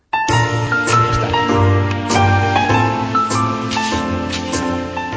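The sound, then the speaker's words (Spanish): A short, bright theme-music jingle for a section of a radio programme plays on its own: steady loud instrumental with a bouncing bass line, sustained chords and a rhythmic melody with regular accents. “Esa será la sintonía de mi sección.”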